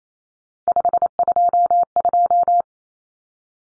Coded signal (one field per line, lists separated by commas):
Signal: Morse code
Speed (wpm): 28 wpm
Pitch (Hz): 700 Hz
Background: none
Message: 522